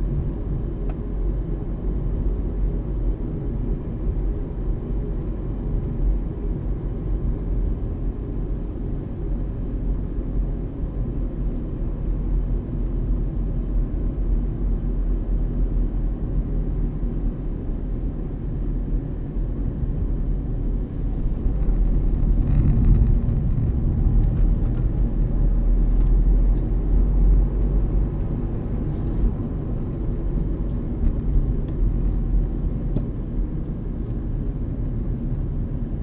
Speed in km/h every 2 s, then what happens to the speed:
35, 35, 34, 34, 33, 32, 32, 31, 30, 30, 31, 29, 33, 37, 36, 30, 28, 26.
0-22 steady at about 32. 22-25 speeds up to 37. 27-36 slows to 26.